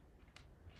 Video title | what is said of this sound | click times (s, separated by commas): Live with Stamping With Melva - Stampin' Up! Happy Hibiscus | get it into that so it kind of Clicks in place | 0.4 s